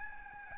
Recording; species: mosquito wingbeat signal from an infrared sensor; Aedes albopictus